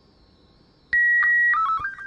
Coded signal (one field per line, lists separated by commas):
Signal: SSTV (slow-scan television)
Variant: Robot 36